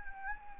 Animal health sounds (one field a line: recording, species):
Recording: mosquito wingbeat signal from an infrared sensor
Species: Anopheles arabiensis